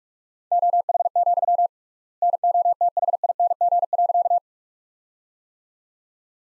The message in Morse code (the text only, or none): OH, NOTHING.